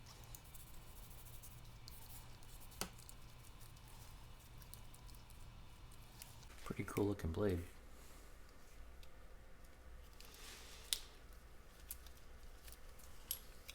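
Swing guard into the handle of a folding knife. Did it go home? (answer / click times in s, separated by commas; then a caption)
yes / 10.9 s. The restored steel blade of an old folding fighting knife is swung open so the swing guard snaps into its locked position in the handle. Someone talks over faint handling ticks, then a sharp, distinct click is heard at 10.9 seconds as the guard seats firmly, and the mechanism is heard working as it should.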